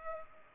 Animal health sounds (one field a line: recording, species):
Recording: mosquito wingbeat signal from an infrared sensor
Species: Culex pipiens